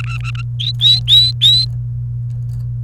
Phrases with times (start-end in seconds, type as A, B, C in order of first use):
0.04-0.42 A, 0.60-1.65 B